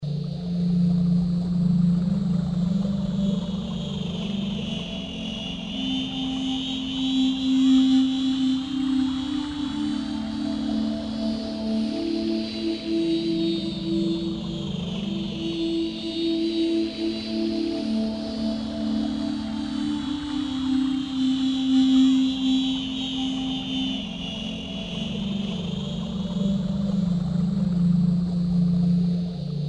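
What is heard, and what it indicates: Steady synthetic drone with low humming tones and a slowly swelling high whoosh, a Sound Oasis tinnitus therapy sound, 5k setting (Dr. Thompson).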